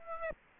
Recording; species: mosquito wingbeat signal from an infrared sensor; Aedes aegypti